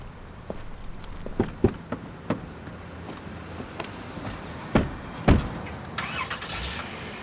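A car engine starts up after a few sharp thuds and clicks over a low rumbling background, ending in a brighter hissing roar. No one speaks.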